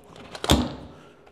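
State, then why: Seated. The second flight battery of a DJI FlyCart 30 cargo drone is pushed into its bay at the front of the drone. A short rattle at 0.3 s leads into two sharp clicks at 0.4 s and 0.5 s, the second the loudest, followed by a low thunk that fades out. The battery clicks in and is seated.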